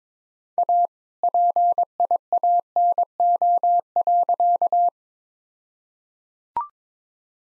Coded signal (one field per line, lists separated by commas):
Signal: Morse code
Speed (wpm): 22 wpm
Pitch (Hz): 700 Hz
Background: none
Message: A PIANO.